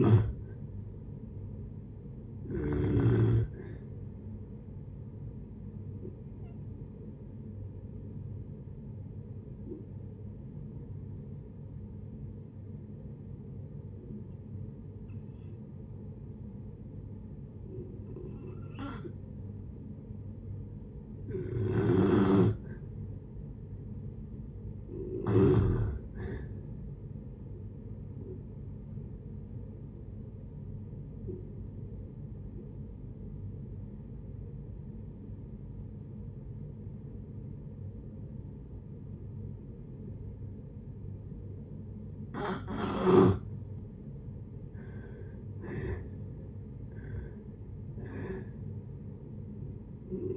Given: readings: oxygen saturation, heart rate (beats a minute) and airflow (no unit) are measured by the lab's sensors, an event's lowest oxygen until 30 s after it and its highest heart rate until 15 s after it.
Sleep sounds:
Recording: breathing in sleep by a smartphone at the bedside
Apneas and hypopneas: 2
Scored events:
3.00-25.80 s: hypopnea (N2, oxygen 96% highest, then 85% lowest, heart rate 76 at the start, 76 highest)
31.00-46.10 s: hypopnea (N2, oxygen 94% highest, then 84% lowest, heart rate 66 at the start, 76 highest)
32.00-50.37 s: new sleep stage, N1 (lightest sleep)
From the record:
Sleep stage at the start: N2 (light sleep)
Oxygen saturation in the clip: 80 to 96%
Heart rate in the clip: 56 to 76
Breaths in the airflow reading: 13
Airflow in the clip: -7.3 to 7.6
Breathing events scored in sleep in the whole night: 496 in 5.4 hours asleep

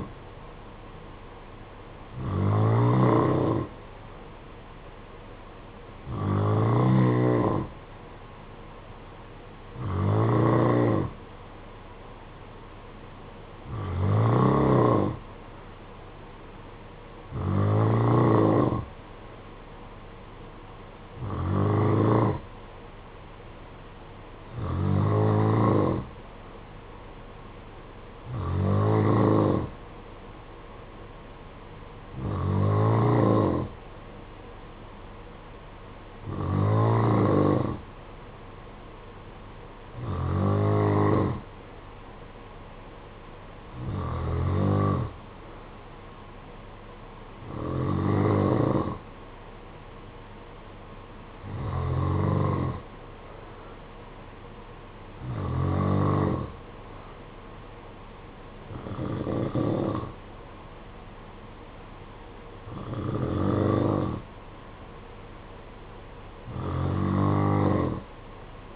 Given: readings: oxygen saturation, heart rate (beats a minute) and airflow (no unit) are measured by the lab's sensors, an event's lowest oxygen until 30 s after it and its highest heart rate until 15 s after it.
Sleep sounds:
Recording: breathing in sleep by a voice recorder at the bedside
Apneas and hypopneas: none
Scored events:
25.00-55.00 s: new sleep stage, N3 (deep sleep)
55.00-68.76 s: new sleep stage, N2 (light sleep)
From the record:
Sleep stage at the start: N2 (light sleep)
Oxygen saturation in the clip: 90 to 92%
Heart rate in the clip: 55 to 59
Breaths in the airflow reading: 18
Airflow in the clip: -7.1 to 5.4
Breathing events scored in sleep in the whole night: 476 in 9.7 hours asleep

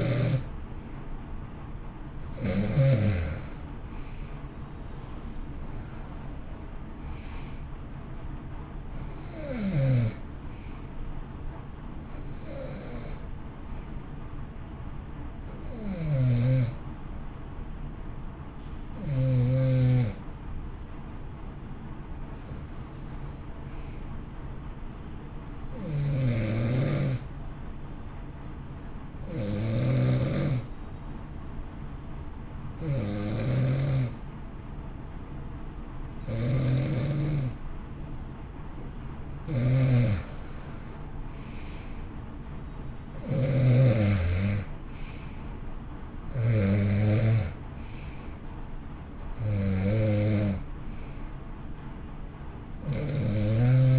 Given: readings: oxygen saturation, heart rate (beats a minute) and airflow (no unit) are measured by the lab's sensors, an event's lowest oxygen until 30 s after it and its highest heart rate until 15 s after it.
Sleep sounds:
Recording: breathing in sleep by a smartphone at the bedside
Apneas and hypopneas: 1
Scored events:
28.00-42.20 s: hypopnea (N2, oxygen 93% highest, then 87% lowest, heart rate 60 at the start, 65 highest)
From the record:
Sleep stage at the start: N2 (light sleep)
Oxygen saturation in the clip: 87 to 93%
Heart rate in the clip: 57 to 67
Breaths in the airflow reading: 17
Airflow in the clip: -10.0 to 12.0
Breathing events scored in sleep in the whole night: 328 in 6.3 hours asleep

